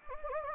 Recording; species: mosquito wingbeat signal from an infrared sensor; Anopheles gambiae